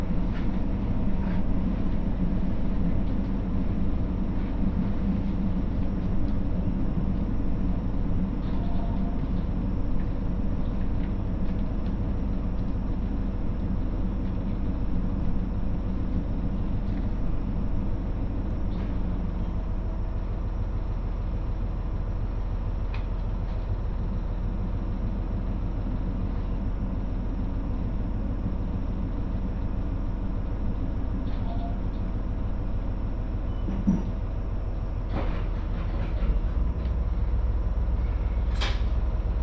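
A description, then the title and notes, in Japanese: A train ride on the Muroran Main Line from Koboro to Toya: a steady, dense low rumble of the running train fills all forty seconds. Faint clicks and rattles recur throughout, and brief sharp squeaks cut in near the end. 耳で楽しむ鉄道旅 室蘭本線 小幌→洞爺。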